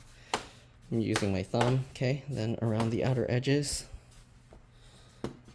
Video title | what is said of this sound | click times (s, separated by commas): Dell Inspiron 3502 Disassembly RAM SSD Hard Drive Upgrade Battery DC Jack Port Replacement Repair | and to click this back down in place | 0.3 s